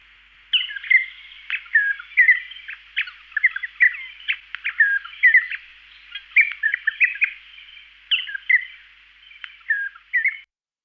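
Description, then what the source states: Regent honeyeater uttering repeated bouts of creaky, bell-like warbling phrases across ten seconds, separated by brief pauses. Listed among garden birds of Canberra.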